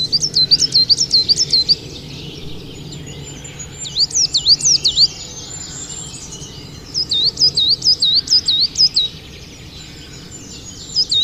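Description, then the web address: Coal tit singing quick, high see-saw double notes in short bursts of several repeats, separated by brief pauses, across the whole stretch. "agykontroll Madardalok Cd 1. Fenyves cinege"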